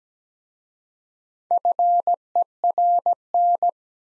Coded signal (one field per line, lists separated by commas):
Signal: Morse code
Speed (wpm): 17 wpm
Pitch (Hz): 700 Hz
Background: none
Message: FERN